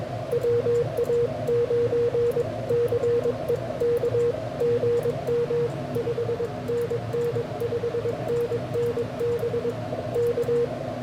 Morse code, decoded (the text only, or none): WA9CEK GM 5NN 5NN BK